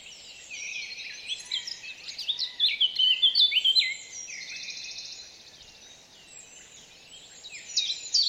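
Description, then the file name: Eurasian blackcap song, a rapid bright warble peaking in the middle with clear whistled notes, then a quieter stretch before a short loud burst at the end. "Sylvia atricapilla"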